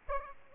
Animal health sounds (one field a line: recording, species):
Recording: mosquito wingbeat signal from an infrared sensor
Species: Aedes aegypti